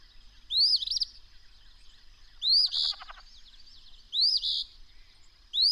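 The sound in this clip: Bird song: short rising whistled phrases with buzzy trills, repeated about every two seconds, over a steady high-pitched whine; one phrase carries a rough lower rattle.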